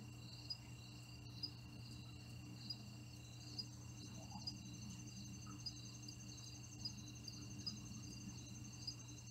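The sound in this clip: Cricket chirping: thin, high pulsed trills repeated at a steady, even beat over a constant low hum.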